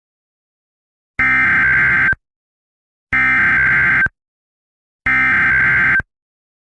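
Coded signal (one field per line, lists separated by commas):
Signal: Emergency Alert System (SAME) tones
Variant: header bursts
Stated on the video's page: Fictional EAS scenario about a Godzilla attack; simulated alert.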